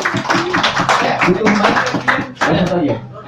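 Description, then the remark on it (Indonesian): An audience claps steadily for about three seconds for three stage sound crew members at an evening talk on sound production for music stages, a dense, loud patter of many hands with some voices mixed in, briefly dipping before picking back up. “Kasih tepuk tangan untuk mereka bertiga.”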